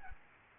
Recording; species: mosquito wingbeat signal from an infrared sensor; Aedes aegypti